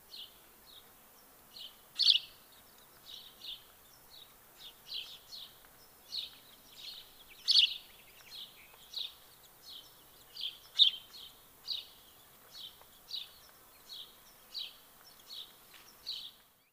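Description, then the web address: House sparrow calls: a steady run of many short, high chirps that vary in loudness. "SETE data Passer domesticus"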